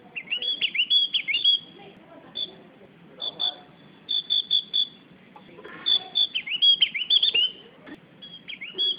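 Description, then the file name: Javan grey-throated white-eye song, high twittering phrases of quick slurred chirps, repeated in bursts with brief gaps between them. "opiorjawa"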